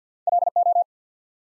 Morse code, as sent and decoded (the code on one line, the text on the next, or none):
.-.. ---
LO